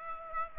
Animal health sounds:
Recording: mosquito wingbeat signal from an infrared sensor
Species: Aedes aegypti

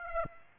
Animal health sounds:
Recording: mosquito wingbeat signal from an infrared sensor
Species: Aedes aegypti

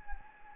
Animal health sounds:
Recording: mosquito wingbeat signal from an infrared sensor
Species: Anopheles gambiae

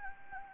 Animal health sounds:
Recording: mosquito wingbeat signal from an infrared sensor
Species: Anopheles gambiae

